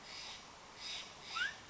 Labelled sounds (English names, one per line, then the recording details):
Steller's Jay
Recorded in Sonoma County, California